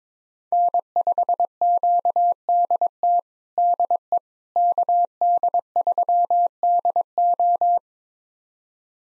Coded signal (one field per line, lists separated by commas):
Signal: Morse code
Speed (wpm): 22 wpm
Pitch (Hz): 700 Hz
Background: none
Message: N5QDT DE KD3DO